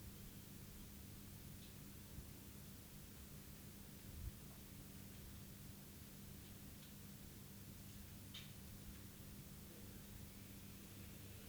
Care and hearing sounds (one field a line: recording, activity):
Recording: daily activity, guitar pickup as the sensor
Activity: sit